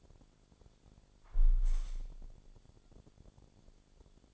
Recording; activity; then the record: daily activity, microphone in the room; close window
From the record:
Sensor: 5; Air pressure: 1000.6 hPa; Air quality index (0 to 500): 153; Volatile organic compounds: 2 ppm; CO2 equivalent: 1172 ppm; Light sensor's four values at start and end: 39/91/38/41 and 39/91/38/41